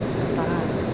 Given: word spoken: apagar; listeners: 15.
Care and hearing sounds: one Spanish word in noise, from a listening test; speech-shaped noise; -5.7 dB; 0 of 15; 9 of 15; 0.54 s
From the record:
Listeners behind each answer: 9, 1, 1, 1, 1, 1, 1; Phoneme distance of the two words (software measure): 7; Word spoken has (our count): 3 syllables, 6 phonemes, stress on syllable 3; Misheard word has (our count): 2 syllables, 5 phonemes, stress on syllable 2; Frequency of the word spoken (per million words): 5.99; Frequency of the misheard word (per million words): 68.21

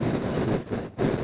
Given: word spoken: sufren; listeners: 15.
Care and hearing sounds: one Spanish word in noise, from a listening test; noise modulated by three-talker babble; -7.2 dB; 0 of 15; 6 of 15; 0.84 s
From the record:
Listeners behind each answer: 6, 5, 2, 1, 1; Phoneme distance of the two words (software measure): 7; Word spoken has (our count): 2 syllables, 6 phonemes, stress on syllable 1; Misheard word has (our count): 2 syllables, 5 phonemes, stress on syllable 1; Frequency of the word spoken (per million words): 19.19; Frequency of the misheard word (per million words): 27.18

